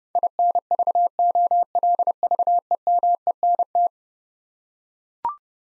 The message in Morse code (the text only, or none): INVOLVEMENT